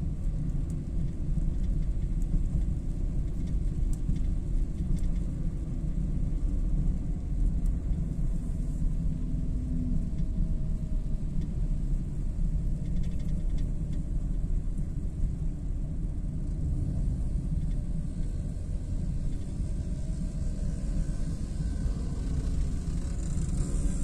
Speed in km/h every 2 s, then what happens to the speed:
46, 46, 45, 40, 38, 37, 35, 34, 36, 39, 43, 44.
0-13 slows to 34. 13-24 speeds up to 44.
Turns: none.